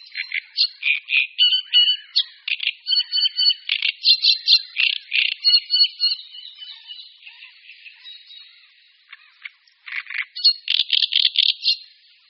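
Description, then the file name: Great reed warbler delivering grating, guttural repeated syllables in long runs, fading briefly before a final burst of fast chattering. "Rákosník-velký"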